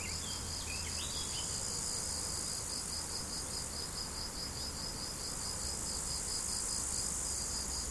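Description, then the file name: Cricket chirps pulse steadily over a high insect drone and a low hum. Several crickets, recorded 17 July 2012 on an MZ-N710 recorder. "grillons 17 07 2012"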